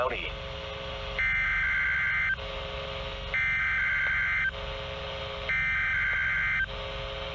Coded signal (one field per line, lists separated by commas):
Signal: Emergency Alert System (SAME) tones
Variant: header bursts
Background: speech